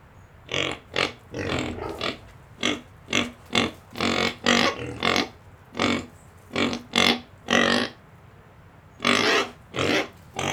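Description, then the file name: Domestic pig breathing in a steady run of rasping snorts, repeated about twice per second with short pauses. Several pigs breathing, with a cricket far away. "Porcos respiracao com grilo longe"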